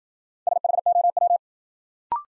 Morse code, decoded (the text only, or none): SHOW